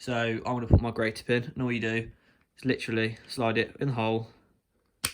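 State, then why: Seated. Someone talks while a grey plastic nozzle tip is slid into the hole in a pump foam sprayer's pressure tube. At 5.1 s a sharp, brief click sounds as the tip is pushed in and seats into place.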